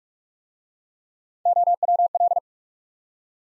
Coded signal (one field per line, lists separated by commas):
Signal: Morse code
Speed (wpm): 44 wpm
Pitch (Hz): 700 Hz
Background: none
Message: OWL